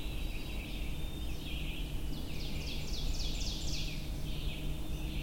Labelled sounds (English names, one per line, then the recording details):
Ovenbird song
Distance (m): 110 m
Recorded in boreal forest in Alberta, Canada, on 23 June 2016 at 05:01
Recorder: SongMeter 3, array SBT-6-76
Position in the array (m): 177 m, 82 m
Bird 3